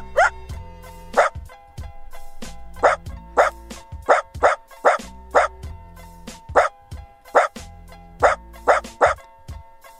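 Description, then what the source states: Dachshund barking, sharp yapping barks repeated throughout, over a steady hum. Played on radio in a quiz asking whether it was AI or a real dog; later revealed to be a real Dachshund.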